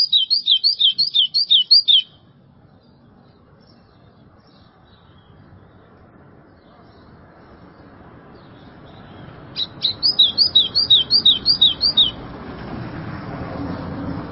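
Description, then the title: White-throated seedeater sings two short phrases of fast repeated whistled slurs separated by a long pause; a broad low noise rises toward the end. "Canto Do Golinha"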